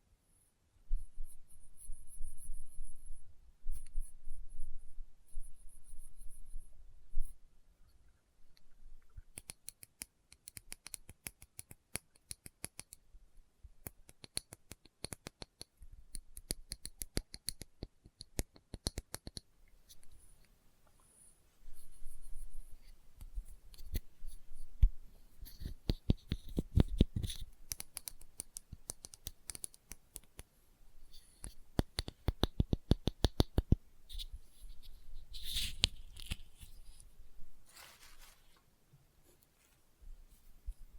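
Experimental triggers on test tubes: crisp clicks, taps and scratchy snipping sounds. The first nine seconds are softer, with light scratching and a thin high hiss. Then come dense runs of rapid clicking with short pauses, heaviest around 27 and 36 seconds.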